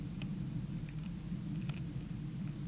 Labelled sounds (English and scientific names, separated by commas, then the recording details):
Eurasian Woodcock (Scolopax rusticola) whistle
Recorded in Baden-Württemberg, Germany, on 11 June 2021 at 20:17 UTC
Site 24606, 635 m above sea level